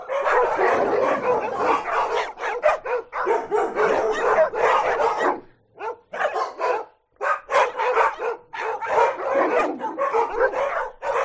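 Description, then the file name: Dogs barking in a constant overlapping chorus of sharp, rapid barks, pausing briefly twice before the clamour resumes. Many dogs of various kinds barking together. "zapsplat animals dogs lots various barking"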